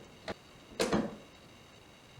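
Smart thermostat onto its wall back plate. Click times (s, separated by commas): 0.3 s, 0.9 s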